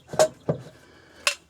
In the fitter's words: and the satisfying snap, 1, 2, against the wall,